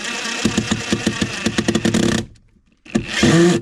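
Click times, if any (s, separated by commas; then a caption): 1.6 s, 1.7 s, 1.8 s. A power driver fitted with a new bit tries to drive a wood screw a little farther into cabin framing, but the bit slips in the screw head and chatters in a rapid burst, with sharp clicks at 1.6, 1.7, 1.8 and 1.9 seconds. The driver runs until about 2.2 seconds, goes quiet, then whirs again from about 2.8 seconds. The screw head is stripped.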